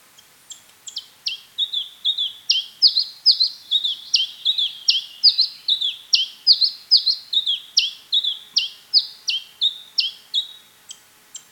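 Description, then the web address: House sparrow singing a long, unbroken series of loud chirps, repeated roughly twice a second with slightly varying pitch. Song, 13 July 2007 at 04:31. "hlehto. physp 0431 varpai"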